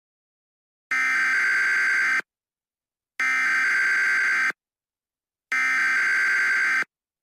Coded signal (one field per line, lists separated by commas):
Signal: Emergency Alert System (SAME) tones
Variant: header bursts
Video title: EAS Mock 20 - Tsunami Coast (First time making this on my IPad)